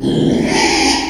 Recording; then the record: squeal of a Yucatan mini pig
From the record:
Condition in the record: after surgery on the right vocal fold (resection and tissue-engineered implant); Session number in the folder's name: 2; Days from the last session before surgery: 13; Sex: male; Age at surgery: 12 weeks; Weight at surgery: 13 kg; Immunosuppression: cyclosporine, prednisolone